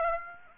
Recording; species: mosquito wingbeat signal from an infrared sensor; Aedes aegypti